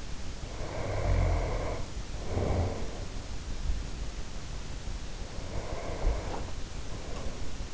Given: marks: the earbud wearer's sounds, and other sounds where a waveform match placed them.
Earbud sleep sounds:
sounds in sleep by an in-ear microphone; snoring breath, breath
0.33-2.93 s: snoring breath
5.14-7.74 s: breath

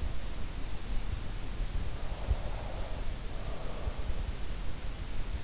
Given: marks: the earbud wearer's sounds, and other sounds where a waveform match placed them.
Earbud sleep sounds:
sounds in sleep by an in-ear microphone; breath
2.36-4.36 s: breath

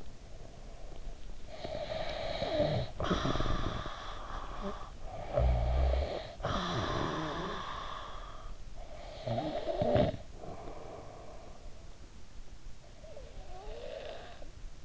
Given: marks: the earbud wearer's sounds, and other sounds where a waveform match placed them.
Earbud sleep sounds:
sounds in sleep by an in-ear microphone; snoring breath
1.21-12.06 s: snoring breath
12.72-14.83 s: snoring breath

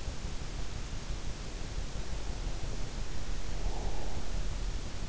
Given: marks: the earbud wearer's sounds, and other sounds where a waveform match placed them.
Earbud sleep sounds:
sounds in sleep by an in-ear microphone; breath
3.56-4.31 s: breath

